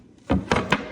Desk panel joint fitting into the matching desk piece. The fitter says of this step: should hear click like that